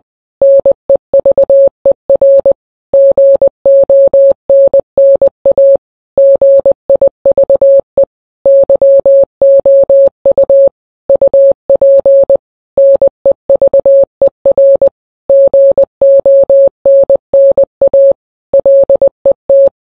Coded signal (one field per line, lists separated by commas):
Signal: Morse code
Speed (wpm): 20 wpm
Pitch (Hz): 550 Hz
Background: none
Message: NEVER GONNA GIVE YOU UP NEVER GONNA LET